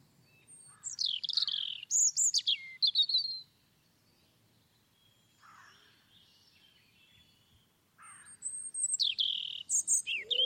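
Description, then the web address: European robin song: two bursts of high, liquid, warbling phrases with tumbling descending notes, separated by a quieter stretch with a few soft lower notes. "Deverinetal 2025 File origin Bird Only Er Ru"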